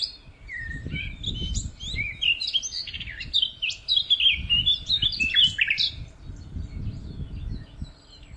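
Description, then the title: Songbird singing rapid chirping and twittering phrases with slurred notes, quieter toward the end, over a noticeable low rumbling background. "LuckyPassaro Completos2Sama"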